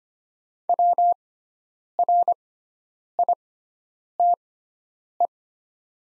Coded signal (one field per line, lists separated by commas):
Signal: Morse code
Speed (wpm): 25 wpm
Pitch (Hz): 700 Hz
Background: none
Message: WRITE